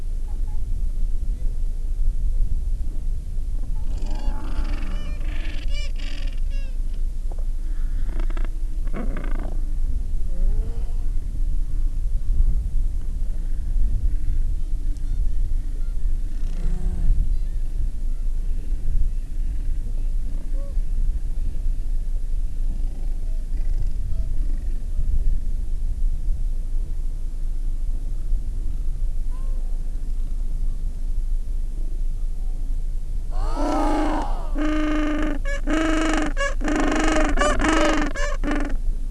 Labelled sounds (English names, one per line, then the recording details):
Gentoo Penguin
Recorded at the colony at Selvic Cove, Antarctica, on 13 December 2015
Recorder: Song Meter SM2+